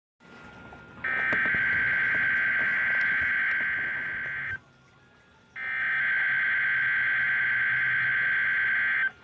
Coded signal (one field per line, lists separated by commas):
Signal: Emergency Alert System (SAME) tones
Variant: header bursts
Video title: EAS/NWR Alert or message #829-830: December Required Weekly Test #3